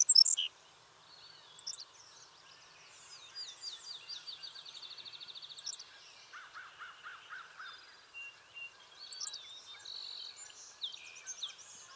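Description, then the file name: Savannah sparrow song: high, sharp opening chips and a long buzzy trill, repeated, with a short run of lower notes between phrases. "Passerculus sandwichensis - Savannah Sparrow"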